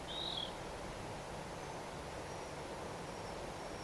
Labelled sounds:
Water Rail (Rallus aquaticus)
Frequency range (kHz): Water Rail (Rallus aquaticus) 2.9-4.9 kHz
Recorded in France

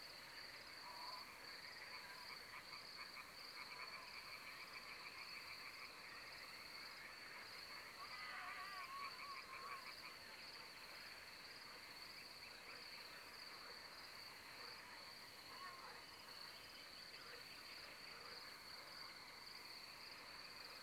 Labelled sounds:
Common Nightingale (Luscinia megarhynchos), Carrion Crow (Corvus corone)
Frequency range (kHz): Common Nightingale (Luscinia megarhynchos) 2.0-3.7 kHz; Carrion Crow (Corvus corone) 0.6-1.4 kHz
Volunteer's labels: Corvus corone alarme
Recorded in France

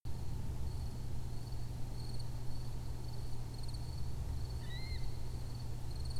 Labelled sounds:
unidentified animal sound, Little Grebe (Tachybaptus ruficollis)
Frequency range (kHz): Little Grebe (Tachybaptus ruficollis) 1.7-4.4 kHz
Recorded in France

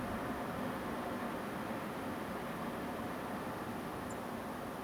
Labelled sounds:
Song Thrush (Turdus philomelos)
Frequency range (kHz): Song Thrush (Turdus philomelos) 6.8-10.4 kHz
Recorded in France

